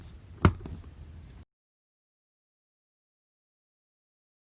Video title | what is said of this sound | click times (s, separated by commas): Remove and Disassemble Rear Shocks on 2005 Acura TSX | make sure that the rear seat cushion is fastened as you put it back listen for the click | 0.4 s